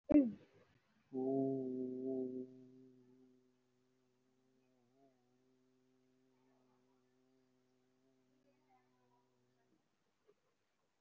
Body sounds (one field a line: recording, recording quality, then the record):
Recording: sustained vowel as in boot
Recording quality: excellent, no background noise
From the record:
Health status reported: COVID-19 positive, mild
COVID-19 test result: positive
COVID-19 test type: RT-PCR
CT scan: taken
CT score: 0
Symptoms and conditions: cough, cold, sore throat, fever, fatigue, muscle pain, diarrhoea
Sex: male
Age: 47 years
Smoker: no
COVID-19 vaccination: one dose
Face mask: worn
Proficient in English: yes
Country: India